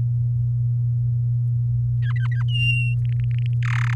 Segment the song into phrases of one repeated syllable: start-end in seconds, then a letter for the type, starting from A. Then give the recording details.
2.02-2.43 A, 2.48-2.94 B, 3.05-3.54 C, 3.62-3.94 D. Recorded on 11 May 2018 at 06:06. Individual llb16